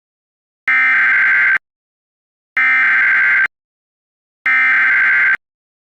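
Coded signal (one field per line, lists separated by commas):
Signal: Emergency Alert System (SAME) tones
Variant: header bursts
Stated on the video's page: Fictional EAS scenario about Pac-Man eating people.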